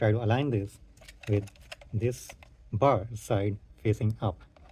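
Someone talks while an optical fibre cable's plastic connector, its dust cap removed, is lined up flat side up with an internet modem's optical port and pushed toward it. Nothing has seated or clicked yet.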